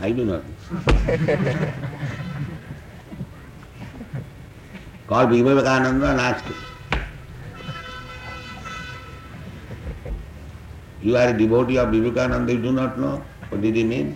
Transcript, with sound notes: I do not know. [laughter] Call Vivekananda and ask him. You are devotee of Vivekananda, you do not know what did he mean?